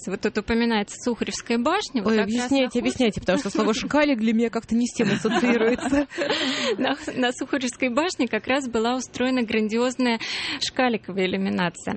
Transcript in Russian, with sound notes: Вот тут упоминается Сухаревская башня.
Вы объясняйте, объясняйте, потому что слово «шкалик» для меня как-то не с тем ассоциируется.
(все смеются) На Сухаревской башне как раз была устроена грандиозная шкаликовая иллюминация.